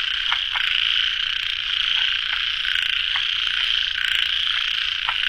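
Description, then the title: Frog calls: brief clicking croaks repeat irregularly over a constant high droning chorus that fills the background. Frogs calling late at night at a pond, field recording. "深夜水塘蛙声"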